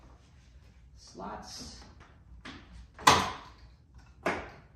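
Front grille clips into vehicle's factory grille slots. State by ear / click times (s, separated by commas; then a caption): seated / 3.1 s. Someone talks as a glossy black American Modified Armor Grille with off-road lights, an aftermarket plastic/steel grille with transplanted clips, is pushed into the factory grille slots on a 2021–2024 Ford Bronco. A sharp snap at 3.1 s is the grille clips seating in the slots, followed by another loud knock near 4.3 s. The grille is snapped in place.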